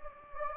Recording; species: mosquito wingbeat signal from an infrared sensor; Anopheles gambiae